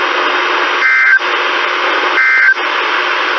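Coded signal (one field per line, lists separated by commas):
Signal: Emergency Alert System (SAME) tones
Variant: end-of-message bursts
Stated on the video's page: Required Weekly Tests received in March 2020.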